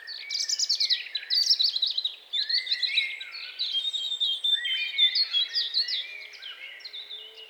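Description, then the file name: European robin song: a continuous stream of warbling, twittering high phrases with quick trills and slides, over faint background noise. "Erithacus rubecula"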